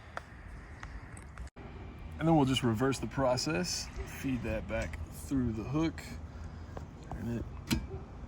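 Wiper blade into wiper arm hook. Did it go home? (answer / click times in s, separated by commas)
yes / 7.7 s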